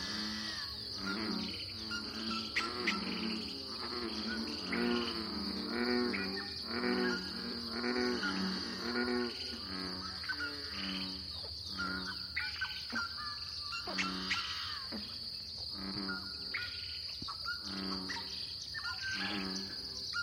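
A lively dawn chorus of overlapping bird calls and repeated low notes rides over a steady, high insect drone that never lets up.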